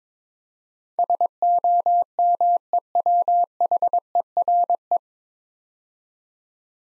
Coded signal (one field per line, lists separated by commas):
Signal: Morse code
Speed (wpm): 22 wpm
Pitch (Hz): 700 Hz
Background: none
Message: SOMEWHERE